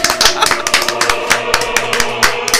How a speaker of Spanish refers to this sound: Voy a aplaudir. ¡Bravo! ¡Bravo!